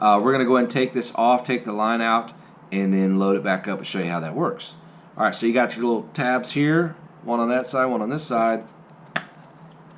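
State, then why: Released. Someone talks while pressing the two side tabs on a plastic string trimmer head, and the cover unclips and pops off with a sharp snap at 9.2 s. The cover is released from the trimmer head.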